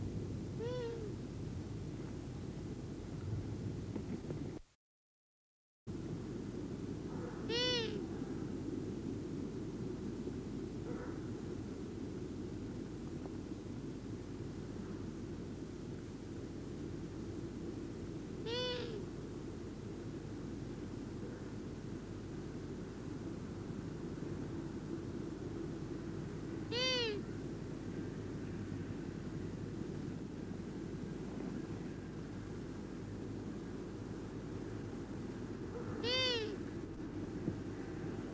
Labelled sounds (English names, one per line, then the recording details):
Long-eared Owl call
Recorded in the wild
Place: Bergen, Insel Rügen, Mecklenburg-Vorpommern, DE
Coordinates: 54.421, 13.447
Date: 1976-04-17
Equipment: Nagra III BH, Sennheiser MD 21, parabola
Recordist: Schubert, Michael